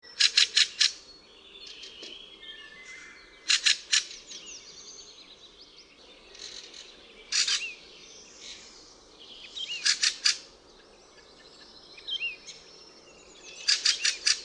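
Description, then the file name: Fieldfare calling in bursts of two to four harsh, grating 'chack' notes every few seconds, while softer twittering and thin whistles from other birds continue underneath. "KWICZOL"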